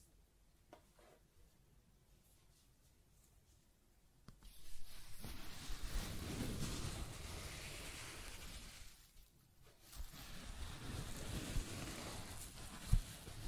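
Scratching and tracing sounds: near-silence with faint ticks, then dense rasping strokes from about 4 seconds, a pause near 9, and more scratching with a sharp knock near 13.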